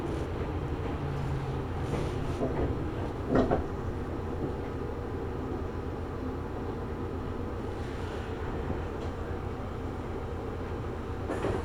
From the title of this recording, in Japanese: 名鉄西尾線 普通 米津→吉良吉田